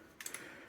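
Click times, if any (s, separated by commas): 0.2 s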